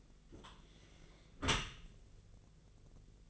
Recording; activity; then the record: daily activity, microphone in the room; close dishwasher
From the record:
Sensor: 4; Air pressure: 1001.3 hPa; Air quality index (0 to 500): 182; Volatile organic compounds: 2 ppm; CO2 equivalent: 1297 ppm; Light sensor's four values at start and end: 12/28/12/12 and 13/29/12/12